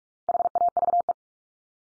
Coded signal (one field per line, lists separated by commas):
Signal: Morse code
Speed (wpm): 44 wpm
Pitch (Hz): 700 Hz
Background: none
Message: HAVE